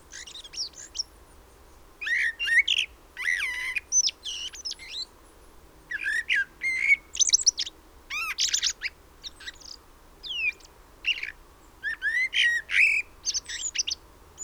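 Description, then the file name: Common blackbird calling in a busy stream of shrill chips, thin rising and falling whistles and scratchy notes, bursts following each other with short gaps. "Turdus merula"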